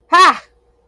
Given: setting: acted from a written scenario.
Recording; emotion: vocal sound without words; triumph